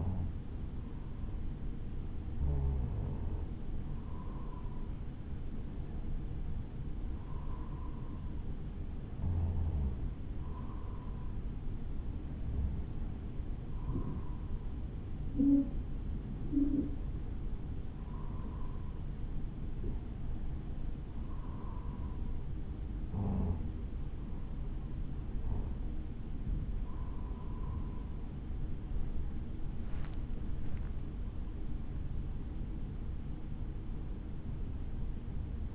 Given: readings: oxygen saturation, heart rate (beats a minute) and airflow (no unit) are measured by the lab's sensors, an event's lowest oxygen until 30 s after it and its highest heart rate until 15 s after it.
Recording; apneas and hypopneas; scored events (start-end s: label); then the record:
breathing in sleep by a smartphone at the bedside; 1
1.00-31.00 s: new sleep stage, N2 (light sleep)
10.00-25.60 s: hypopnea (N2, oxygen 95% highest, then 94% lowest, heart rate 54 at the start, 70 highest)
31.00-35.75 s: new sleep stage, N1 (lightest sleep)
From the record:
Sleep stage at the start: N1 (lightest sleep); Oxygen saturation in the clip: 94 to 95%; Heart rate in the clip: 52 to 69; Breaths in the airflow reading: 11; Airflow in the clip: -7.3 to 7.0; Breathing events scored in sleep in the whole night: 216 in 7.0 hours asleep